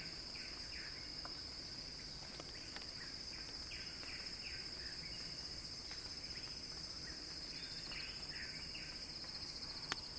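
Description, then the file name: Cicadas keep up a continuous shrill high drone as soft, short falling chirps repeat in the background and a click sounds at the end. Cicadas singing in a crescendo. "Axel-Drioli Cicada-Crescendo-Sounding-Wild"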